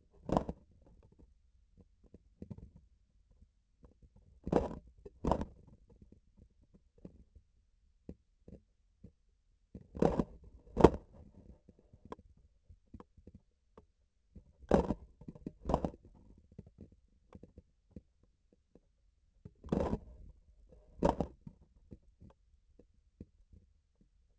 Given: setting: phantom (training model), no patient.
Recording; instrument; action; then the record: laparoscopic instrument, vibration sensor on the handle end; grasping forceps; opening and closing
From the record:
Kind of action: tool actuation without material contact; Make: other than Olympus